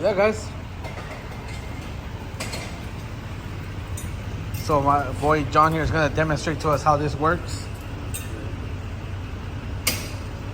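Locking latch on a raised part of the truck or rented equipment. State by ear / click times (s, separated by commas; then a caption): seated / 9.9 s. A helper raises and sets a part on the truck or rented equipment while someone talks over low background noise. A single sharp hit sounds at 9.9 s as the locking latch on the raised part locks into place.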